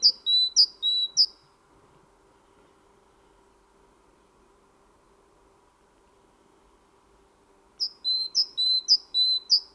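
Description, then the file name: Great tit calls: a quick run of bright, high, down-slurred notes in pairs, then about six seconds of quiet, then another rapid run of the same notes. "Parus major"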